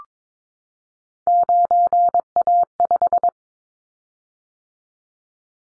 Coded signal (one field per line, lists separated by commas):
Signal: Morse code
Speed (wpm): 22 wpm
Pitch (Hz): 700 Hz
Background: none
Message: 9A5